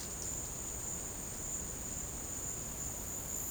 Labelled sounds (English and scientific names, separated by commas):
none